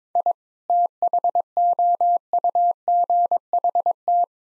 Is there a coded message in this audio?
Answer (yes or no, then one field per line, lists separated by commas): yes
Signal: Morse code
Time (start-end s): 0.2-4.2 s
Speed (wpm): 22 wpm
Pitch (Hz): 700 Hz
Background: none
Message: I THOUGHT